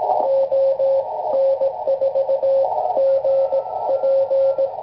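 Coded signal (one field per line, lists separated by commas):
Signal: Morse code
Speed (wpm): 18 wpm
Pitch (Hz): 540 Hz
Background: radio noise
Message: ON4GP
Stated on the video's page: Received with a Beverage antenna.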